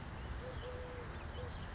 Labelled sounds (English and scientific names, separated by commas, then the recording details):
Eurasian Collared Dove (Streptopelia decaocto)
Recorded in Sonoma County, California